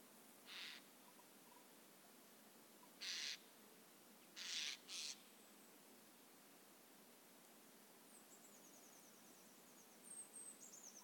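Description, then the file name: Eurasian jay giving four rasping, noisy screeches, one early, one a little later and two close together midway, followed by faint high thin notes near the end. "Garrulus glandarius"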